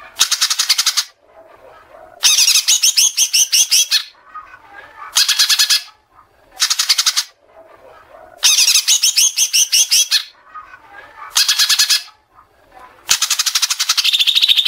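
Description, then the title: Oriental magpie-robin uttering repeated grating, buzzy rasps lasting up to about two seconds, with softer chattering notes in the gaps. "Kacer"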